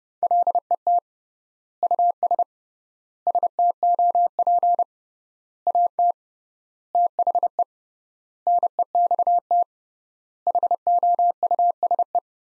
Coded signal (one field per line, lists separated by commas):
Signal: Morse code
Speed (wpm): 30 wpm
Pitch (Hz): 700 Hz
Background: none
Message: LET US STOP AT THE NEXT HOUSE